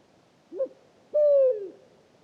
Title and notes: Grand-duc du désert - Mauritanie. 08 mars 2019-Oued Enoicre - Mauritanie. Il est 3h du matin. Le Grand-duc ascalaphe (Bubo ascalaphus) chante